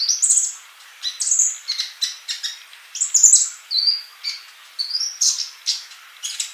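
Bird song with high chirps and whistled notes, delivered in quick phrases with brief gaps.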